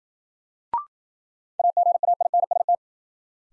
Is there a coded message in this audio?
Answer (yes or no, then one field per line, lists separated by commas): yes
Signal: Morse code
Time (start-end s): 1.6-2.8 s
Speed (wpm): 54 wpm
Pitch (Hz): 700 Hz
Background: none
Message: AGAINST